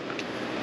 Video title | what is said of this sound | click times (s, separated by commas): Die ZUKUNFT der E-BIKE Motoren getestet! Eurobike 2023 Pinion MGU, Bosch SX, Cyclee Valeo Fahrtest | Und schiebt dann recht einfach dann hier rein, rastet ein, kann man dann hier festschließen und lösen. | 0.2 s